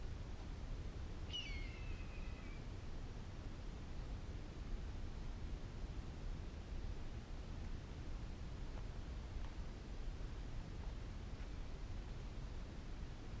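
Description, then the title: Red-tailed hawk screaming once early on, a harsh slurred call dropping in pitch, followed by a long stretch of low rumbling background noise. "Red Tailed Hawk screeching"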